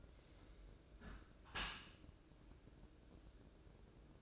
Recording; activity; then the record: daily activity, microphone in the room; close dishwasher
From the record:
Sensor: 2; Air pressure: 1012.2 hPa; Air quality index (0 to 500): 135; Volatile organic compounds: 2 ppm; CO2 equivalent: 996 ppm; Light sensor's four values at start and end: 296/726/295/299 and 295/724/293/298